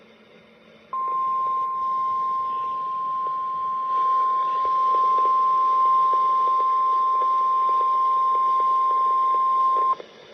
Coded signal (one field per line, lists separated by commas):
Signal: Emergency Alert System (SAME) tones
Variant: 1050 Hz attention tone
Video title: 4/1/24 - Severe Thunderstorm Warning on WXM72 || EAS 1,148